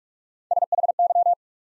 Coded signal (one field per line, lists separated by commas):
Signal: Morse code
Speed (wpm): 44 wpm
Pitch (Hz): 700 Hz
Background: none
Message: S H Y